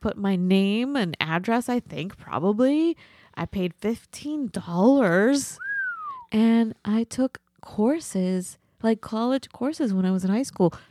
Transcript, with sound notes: I put my name and address I think probably I paid 15 dollars (whistless) and I took courses like college courses when I was in high school.